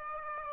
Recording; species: mosquito wingbeat signal from an infrared sensor; Aedes aegypti